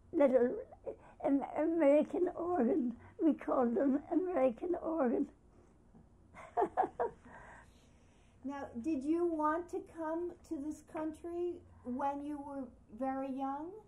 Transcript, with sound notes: Little, an American organ, we called them American organ. [Laughs]
Now, did you want to come to this country when you were very young?